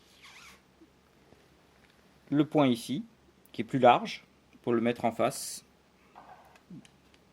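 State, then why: Seated. The spring end piece is pushed into a 40 mm cassette roller insect screen during a spring re-fit, with its wider marked point lined up against its counterpart. Someone talks, then after some soft rubbing a small sharp click is heard at 6.9 s as the piece seats in place.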